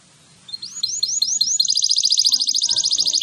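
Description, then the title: Canary song: several upswept whistled notes, then a rapid, sustained rolling trill. Canary singing energetically (gacor), persistent song with long rolling trills (roll panjang), meant to prompt other canaries to answer at once. "LANGSUNG NYAUT GACOR DOR Kenari Manasaja, Dengan Kicau Kenari GACOR NGOTOT ROLL PANJANG"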